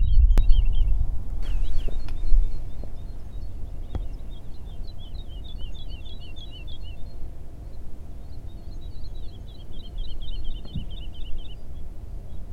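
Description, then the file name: Woodlark song in several separate phrases of repeated fluty notes, with a few sharp clicks early on and a low background rumble throughout. Recorded on 28 February 2022. "Alouette lulu 2022-02-28"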